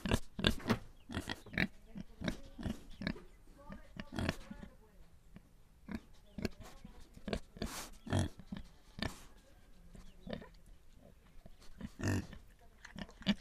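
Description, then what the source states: Pigs grunting and snorting rapidly in busy overlapping bursts. Pigs recorded in Viñales.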